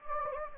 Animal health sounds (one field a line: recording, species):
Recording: mosquito wingbeat signal from an infrared sensor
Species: Anopheles gambiae